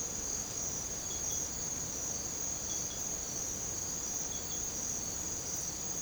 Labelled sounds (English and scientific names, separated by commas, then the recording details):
none
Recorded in secondary vegetation near Puerto Asís, Putumayo, Colombia, on 18 December 2024 at 02:30
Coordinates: 0.489, -76.322
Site G059